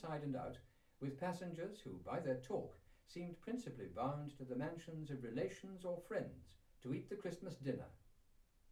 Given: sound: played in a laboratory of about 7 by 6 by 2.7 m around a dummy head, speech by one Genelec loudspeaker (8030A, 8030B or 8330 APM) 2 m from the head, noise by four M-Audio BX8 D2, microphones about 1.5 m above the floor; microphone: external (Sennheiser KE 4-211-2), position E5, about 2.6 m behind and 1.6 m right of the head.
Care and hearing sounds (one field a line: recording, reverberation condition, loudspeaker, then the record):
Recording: male speech in English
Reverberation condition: low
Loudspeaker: in front (0 degrees)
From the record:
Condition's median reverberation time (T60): about 310 ms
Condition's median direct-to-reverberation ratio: about 3.5 dB